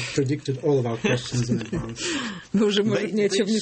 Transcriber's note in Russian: смеются